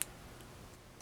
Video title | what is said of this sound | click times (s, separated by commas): Delphi Packard O2 Connector Disassembly/Assembly | ah you didn't it got muffled but you hear a click and you shouldn't be able to pull it out that's when you got it | 0.0 s